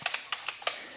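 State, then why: Seated. The handle dial of a NUOBELL adjustable dumbbell (5 to 80 pounds in 5-pound steps) is rotated to select a weight. It gives a quick series of sharp, bright detent clicks at 0.1, 0.1, 0.3, 0.5 and 0.7 seconds. The plates lock onto the handle.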